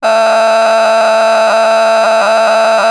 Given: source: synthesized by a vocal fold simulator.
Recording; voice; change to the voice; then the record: sustained vowel; female; a random mix of aspiration noise, stiffness perturbation and strain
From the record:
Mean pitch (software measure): 222 Hz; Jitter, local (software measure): 3.02%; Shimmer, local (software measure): 5.6%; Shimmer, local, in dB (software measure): 0.50 dB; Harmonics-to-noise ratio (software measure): 10.1 dB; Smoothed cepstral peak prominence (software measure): 12.3 dB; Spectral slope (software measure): -16.7 dB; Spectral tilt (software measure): -8.3 dB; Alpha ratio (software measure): -7.2 dB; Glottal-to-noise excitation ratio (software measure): 0.910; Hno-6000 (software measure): 1.6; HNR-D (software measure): 28.1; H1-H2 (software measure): -4.2 dB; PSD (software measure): 9.5e-04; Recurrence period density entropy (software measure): 0.126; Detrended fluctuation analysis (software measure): 0.0100